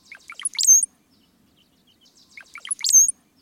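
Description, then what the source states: Brown-headed Cowbird song given twice: a brief burst of gurgling bubbly notes ending in a thin, piercing high whistle, with silence between the two renditions. Song of an adult male.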